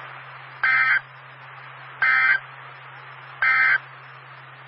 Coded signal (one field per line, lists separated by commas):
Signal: Emergency Alert System (SAME) tones